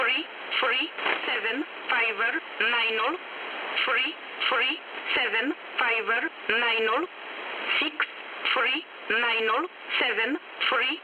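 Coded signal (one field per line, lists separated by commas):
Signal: numbers station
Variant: E11A Oblique, English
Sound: a synthetic voice reads short numbers one by one at an even pace over hiss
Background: radio static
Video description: Agencja wywiadu numbers station. ID 416, 38 groups.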